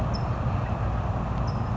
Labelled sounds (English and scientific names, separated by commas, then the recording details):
California Towhee (Melozone crissalis)
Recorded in Sonoma County, California